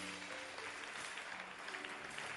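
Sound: audience applause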